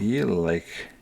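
A pivot collar is being pressed into the handle of a Ruike P-801 folding pocketknife during reassembly while someone talks for about half a second, followed by quieter handling. Nothing has seated or clicked yet.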